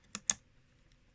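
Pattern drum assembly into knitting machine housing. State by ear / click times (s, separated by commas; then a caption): seated / 0.3 s. A plastic pattern drum assembly on a Knitmaster 700 knitting machine is wiggled and dropped into the machine housing. A first sharp click comes at 0.2 s, then a louder click at 0.3 s as it locks into place. A faint tick follows near 0.9 s, and the drum is seated.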